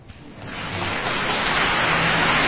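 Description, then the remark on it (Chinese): Audience applause before a live recording of an orchestral piece adapted from film music: a dense, hissing patter of many hands clapping that swells during the first half second, then holds steady and loud, with no voices. “这是现场版，前面还有这个鼓掌的声音。”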